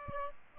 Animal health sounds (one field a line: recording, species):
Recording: mosquito wingbeat signal from an infrared sensor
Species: Aedes aegypti